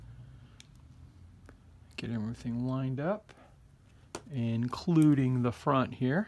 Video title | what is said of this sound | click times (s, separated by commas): Building the New Das Werke 1/35 Faun L900 with trailor part one | sure each you hear that click for each one of the pieces get | 0.6 s, 1.5 s